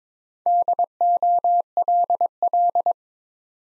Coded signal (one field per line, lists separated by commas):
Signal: Morse code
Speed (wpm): 22 wpm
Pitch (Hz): 700 Hz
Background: none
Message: DOLL